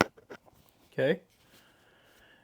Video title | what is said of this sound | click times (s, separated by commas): New Product - Telesin Neck Mount for GoPro and Phone #telesin #gopro | But there you go. You hear it for it. Listen for it to click. | 0.0 s